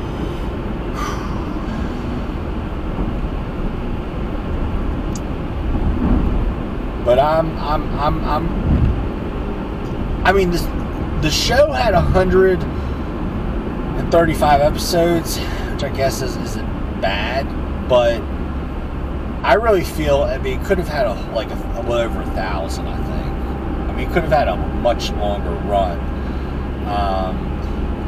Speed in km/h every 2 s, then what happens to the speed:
89, 90, 93, 92, 92, 92, 89, 85, 85, 82, 79, 81, 81, 82.
0-11 steady at about 92. 11-19 slows to 79. 19-28 steady at about 81.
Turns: none.